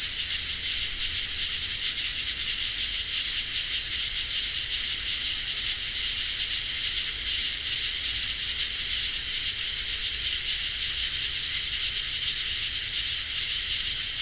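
Insects chirping continuously in a high, even, pulsing chorus, with a few louder isolated chirps scattered over the steady background.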